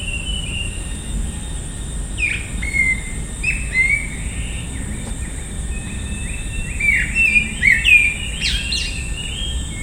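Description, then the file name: Grey-winged blackbird giving short whistled and slurred phrases near the upper-middle range, scattered throughout, over a steady high insect drone and low rumble. "Grey winged Blackbird Turdus boulboul"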